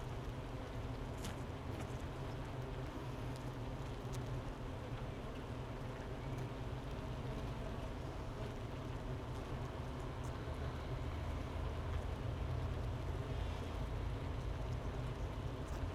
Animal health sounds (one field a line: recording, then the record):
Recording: honeybee colony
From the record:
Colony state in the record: missing queen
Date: 31 May 2018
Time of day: 11:08